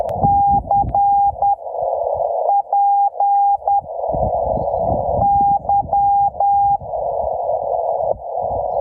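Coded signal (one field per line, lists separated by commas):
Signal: Morse code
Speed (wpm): 10 wpm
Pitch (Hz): 800 Hz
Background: none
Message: CPY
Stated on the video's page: Winter Field Day park activation with CW on 10 to 80 meters, Yaesu FT-891 at 5 watts, 17-foot whip antenna with radials.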